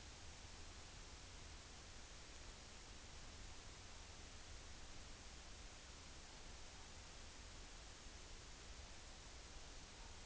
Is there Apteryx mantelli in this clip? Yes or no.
no